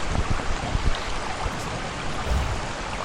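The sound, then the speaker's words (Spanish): Steady rain hisses without a break, a dense wash of noise with scattered soft low thumps and patters throughout. No one speaks. “Pero empecemos a acomodar nuestra casa mientras que pasa la lluvia.”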